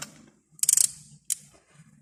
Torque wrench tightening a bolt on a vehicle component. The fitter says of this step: So when we tighten it slowly until it clicks,